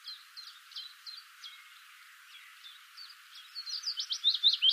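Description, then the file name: Common blackbird calls: faint sharp high notes, building into a louder, quicker chatter near the end. "Turdus merula"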